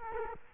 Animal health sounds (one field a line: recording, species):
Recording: mosquito wingbeat signal from an infrared sensor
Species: Culex quinquefasciatus